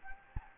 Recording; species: mosquito wingbeat signal from an infrared sensor; Anopheles gambiae